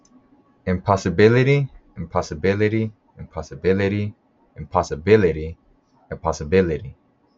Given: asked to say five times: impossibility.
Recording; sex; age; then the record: repeated word; male; 20 to 29 years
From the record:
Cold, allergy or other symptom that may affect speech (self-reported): no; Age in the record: 26 years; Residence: Pennsylvania, United States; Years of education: 14